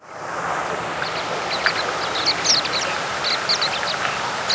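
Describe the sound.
American pipit calling with brief thin high notes, sparse at first then in loose clusters, against a constant droning background hum.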